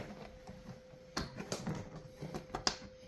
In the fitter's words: There you go. You heard the click, and